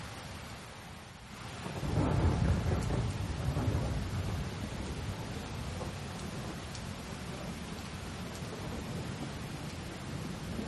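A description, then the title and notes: Steady dense rain hisses throughout while a low rolling thunder swells near two seconds, peaks around three, then fades into continuous rumble. Relaxing sounds of thunderstorm and rain. This sound recording includes five kinds of natural rain sounds: rainy rain, mild rain, heavy rain, thunderstorm, and thunder. Rain sounds as well as thunder.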